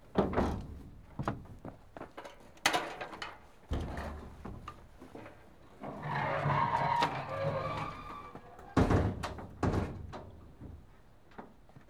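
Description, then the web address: Cattle: a calf bawls once in a drawn-out moan, amid repeated clattering thumps and knocks. Calves being loaded onto and unloaded from a transport. "BBC Sound Effects Library BBC 35-Livestock. Calves Loaded Unloaded From"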